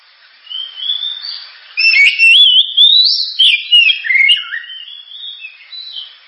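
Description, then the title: Oriental magpie-robin song: soft whistles that build into a loud, rich warble of rising and falling slurred notes, then taper off. Gacor (persistently singing) bird with a sharp, very loud voice; recording presented as a pancingan, a lure to prompt other birds to sing. "Kacer Gacor Suara Tajam. Kacer Gacor Suara Super Kenceng Cocok untuk Pancingan"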